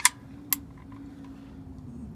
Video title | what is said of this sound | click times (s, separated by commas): 2014-2019 toyota corolla oil and filter change. | And there it is. Just make sure it clicks. | 0.0 s, 0.5 s